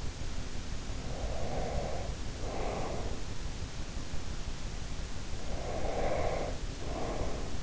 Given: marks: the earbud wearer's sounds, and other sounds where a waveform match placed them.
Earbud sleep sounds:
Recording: sounds in sleep by an in-ear microphone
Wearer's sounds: breath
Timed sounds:
0.81-3.34 s: breath
5.49-7.63 s: breath

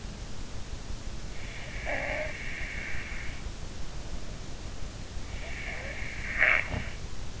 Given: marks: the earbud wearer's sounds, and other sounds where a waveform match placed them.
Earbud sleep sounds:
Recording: sounds in sleep by an in-ear microphone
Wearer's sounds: snoring breath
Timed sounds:
1.67-3.61 s: snoring breath
5.75-7.12 s: snoring breath

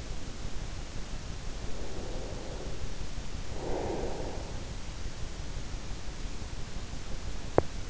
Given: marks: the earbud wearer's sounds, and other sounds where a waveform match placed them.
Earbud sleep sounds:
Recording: sounds in sleep by an in-ear microphone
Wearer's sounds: breath, teeth grinding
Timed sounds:
1.71-4.41 s: breath
7.44-7.89 s: teeth grinding

